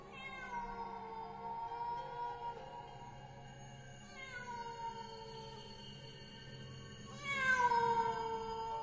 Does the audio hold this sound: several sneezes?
no